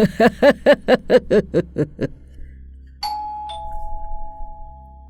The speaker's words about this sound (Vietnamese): Tiếng chuông cửa vang lên, người đàn ông lập tức nghiêm mặt.